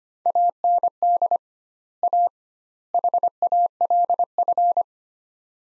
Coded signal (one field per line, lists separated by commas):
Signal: Morse code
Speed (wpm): 25 wpm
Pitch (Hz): 700 Hz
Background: none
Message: AND A HALF